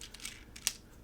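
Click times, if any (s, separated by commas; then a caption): none. The chest panel of a plastic transforming robot action figure, in robot mode, is pressed down onto its torso frame, giving a few faint plastic taps and rustles with a sharper tap near 0.7 s. The panel has not clicked into place; it just sits on the frame, held only by gravity, with no fastening.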